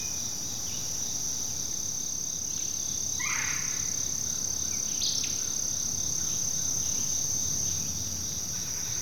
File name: kevin boucher nature forest ambience continual chorus crickets other insects birds